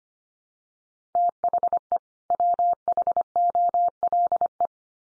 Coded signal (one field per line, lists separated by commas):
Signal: Morse code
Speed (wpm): 25 wpm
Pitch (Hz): 700 Hz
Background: none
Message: THE WHOLE